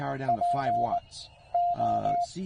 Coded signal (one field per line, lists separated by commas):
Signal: Morse code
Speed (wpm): 19 wpm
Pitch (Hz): 700 Hz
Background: speech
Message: PO